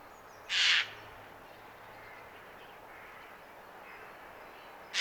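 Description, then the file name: Eurasian jay giving a single harsh, raspy screech, then a long quiet stretch before another screech begins at the very end. "Garrulus glandarius"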